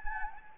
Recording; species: mosquito wingbeat signal from an infrared sensor; Anopheles gambiae